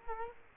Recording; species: mosquito wingbeat signal from an infrared sensor; Culex quinquefasciatus